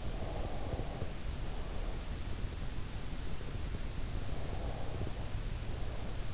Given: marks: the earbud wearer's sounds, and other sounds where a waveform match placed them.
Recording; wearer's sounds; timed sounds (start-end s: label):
sounds in sleep by an in-ear microphone; breath
0.04-2.18 s: breath
4.28-6.34 s: breath